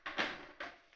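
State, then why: Seated. A plastic hydroponic tower piece is snapped into the tower and seats with a click at 0.1 s. Afterward there are two more fainter sharp sounds. The piece is mounted.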